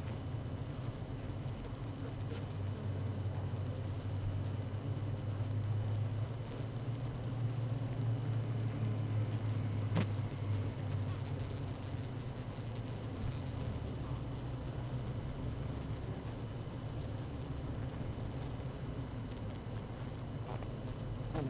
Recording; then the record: honeybee colony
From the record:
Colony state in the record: active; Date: 12 June 2018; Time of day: 17:00